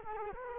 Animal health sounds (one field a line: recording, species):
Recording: mosquito wingbeat signal from an infrared sensor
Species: Culex quinquefasciatus